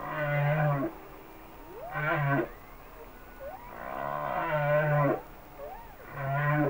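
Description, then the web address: Humpback whale song: harmonic groaning units with a strong low base alternate with faint rising whoops in between, in a slow repeating sequence. "Whale Songs Sounds of Nature - Humpback Whales"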